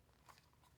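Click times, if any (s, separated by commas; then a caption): none. The folding hinge lock on the headband of plastic over-ear JLab Studio Wireless headphones is moved into position by hand. Brief crackly handling ticks come at about 0.3 and 0.4 s over a low background. Nothing has seated or clicked yet.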